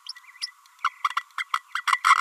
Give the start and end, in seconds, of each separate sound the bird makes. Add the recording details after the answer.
0.06-0.12, 0.41-0.46, 0.84-0.90, 1.38-1.44, 1.53-1.59, 1.75-1.84, 1.87-2.00, 2.04-2.15. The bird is a female. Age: 30 days. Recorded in a nest box in Venezuela. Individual 17B32A5